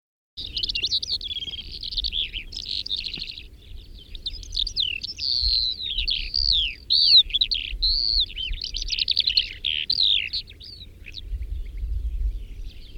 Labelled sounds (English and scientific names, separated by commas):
Calandra Lark (Melanocorypha calandra) song